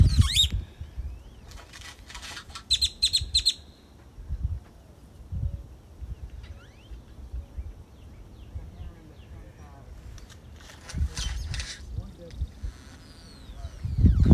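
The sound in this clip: Grackle calls, bursts of harsh, rasping chatter near the start and again around eleven seconds, over a steady low rumble with quieter gaps between.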